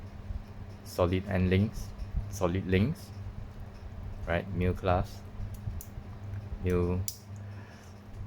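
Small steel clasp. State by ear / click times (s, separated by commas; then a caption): seated / 5.8 s. The middle clasp of a stainless steel watch bracelet is closed and snaps shut into its locked position with one sharp click at 5.8 s. Someone talks before and after the click, praising it as a very nice click.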